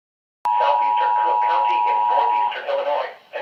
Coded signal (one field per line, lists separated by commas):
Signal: Emergency Alert System (SAME) tones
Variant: 853 and 960 Hz attention tone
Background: speech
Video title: EAS #6 Severe Thunderstorm Warning on TV!!!!